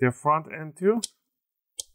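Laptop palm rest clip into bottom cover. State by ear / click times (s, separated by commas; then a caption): seated / 1.8 s. While someone talks, the front edge of an Asus BR1100CK laptop's palm rest is pressed down during a battery replacement. Its plastic clip snaps into the bottom cover with a sharp click at 1.8 s, and the front of the case is seated closed.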